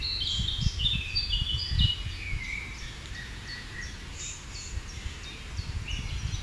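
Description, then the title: Bird song with bright whistled notes stepping downward, quieter whistles continuing behind, and a low rumble throughout. Birdsong from a Norwegian forest, described as quite clear. "来自挪威森林的鸟叫声，相当清澈"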